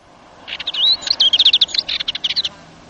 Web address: dartford warbler